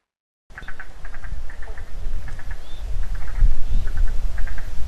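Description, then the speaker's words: Murray Valley froglet calls: short high eek pulses in quick bursts, repeated irregularly over a steady low rumbling noise. High-pitched eek call; froglets calling and enjoying extra water that has flowed in. "So the Murray Valley froglet is that eek, that high-pitched sound that you can hear."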